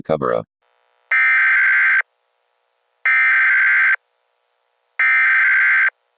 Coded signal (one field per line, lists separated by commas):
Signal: Emergency Alert System (SAME) tones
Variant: header bursts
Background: speech